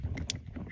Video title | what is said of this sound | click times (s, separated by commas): This Thing Made My Tundra WAY Too Fast... | plug it in make sure it snaps into place right there | 0.3 s